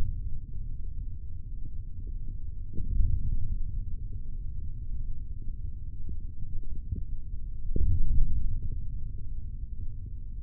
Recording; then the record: forearm muscle sounds (acoustic myography)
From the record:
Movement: hand opening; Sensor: system 3, bracelet of six PUI Audio POM-2738L microphones around the upper forearm, with dedicated amplification and filtering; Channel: 2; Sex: male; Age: 25 years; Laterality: right